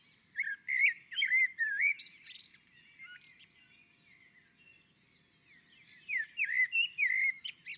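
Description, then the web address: Common blackbird singing two rich, fluty warbled phrases with high twittering notes, separated by a pause of a few seconds. On a roof. "sammel Naturinspelningar Koltrast på taket"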